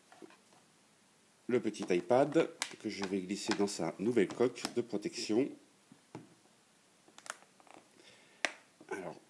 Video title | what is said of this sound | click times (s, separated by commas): Housse iPad Mini fine et intelligente. Dispo sur mobilefun. | appuie un petit peu pour être sûr que tout s'enclenche bien voilà voilà alors | 8.5 s